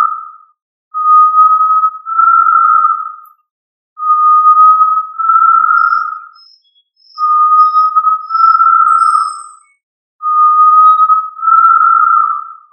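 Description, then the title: Tinamou giving paired pure whistles, a flat note followed by a slightly higher one, repeated every three seconds; soft high chips in the background. "Familia Tinamidae - Quail - Puyuh"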